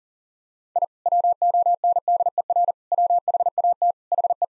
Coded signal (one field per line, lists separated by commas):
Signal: Morse code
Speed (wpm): 40 wpm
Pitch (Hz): 700 Hz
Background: none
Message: I WONDER WHAT HE